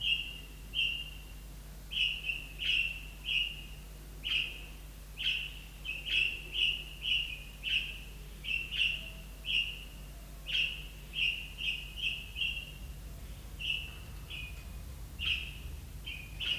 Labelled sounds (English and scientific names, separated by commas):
Golden-breasted Starling (Lamprotornis regius)